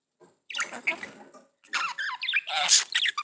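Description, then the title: Budgerigar chatter of wavering, squeaky warbles in two dense bursts with a sharp high note near the end. "Budgie Sounds"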